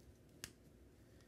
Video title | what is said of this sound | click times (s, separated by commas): OtterBox Defender Studio Dream Case Evan iPhone 4 4s | Everything snaps in place. | 0.4 s